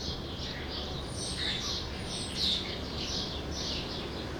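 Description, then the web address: True sparrows chirping together, a busy overlapping chatter of short high chirps with no pauses, over a steady low rumble. "True sparrows. صدای-پرنده-راستین"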